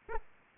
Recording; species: mosquito wingbeat signal from an infrared sensor; Aedes aegypti